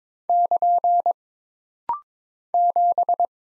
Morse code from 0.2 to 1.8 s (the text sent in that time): <KN>